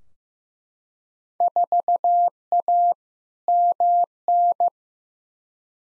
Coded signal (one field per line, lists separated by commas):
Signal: Morse code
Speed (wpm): 15 wpm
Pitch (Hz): 700 Hz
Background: none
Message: 4A MN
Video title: Field Day Exchange v2 - 15wpm